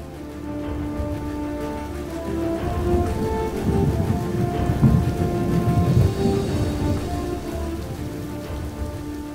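Heavy rain pours steadily while deep, rolling thunder rumbles and swells through the middle, building to a loud peak before easing slightly. No voices are heard.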